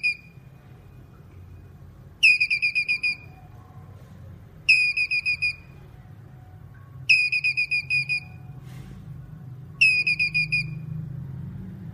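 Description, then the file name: Squirrel repeating short trills of sharp high notes, four full series spaced about two and a half seconds apart, against a steady low drone. Male squirrel calling. "Tieng soc duc keu"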